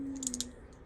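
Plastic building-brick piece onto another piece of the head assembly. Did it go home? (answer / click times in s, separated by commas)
yes / 0.3 s, 0.4 s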